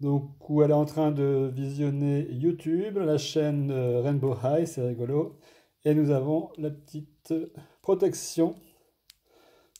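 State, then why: Seated. A small plastic protective case is fitted onto a doll-sized toy iPhone. Someone talks, then two sharp clicks are heard at 9.1 s and 9.8 s as the case clips on and seats.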